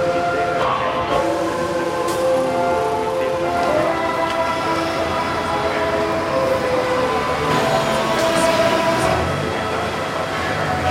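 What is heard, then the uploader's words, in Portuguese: The Ave Maria plays as a church keeps its Catholic custom, its held tones layered over a dense, steady low rumble that never lets up. Brief sharp knocks break through now and then, near the start and again around eight seconds. Belo Horizonte é uma cidade brasileira onde algumas igrejas conservam a tradição católica de tocar a Ave Maria, às 18:00, diariamente. Gravamos esta prática religiosa em quatro igrejas localizadas na cidade. Realizado por Pedro Silva Marra.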